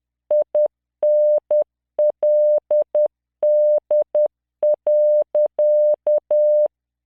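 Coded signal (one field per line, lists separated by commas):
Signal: Morse code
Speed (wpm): 10 wpm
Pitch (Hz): 600 Hz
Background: none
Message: INLD.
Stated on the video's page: Practice generated by LearningMorse software at 10 WPM, 600 Hz tone, standard three-dot spacing, random five-character groups.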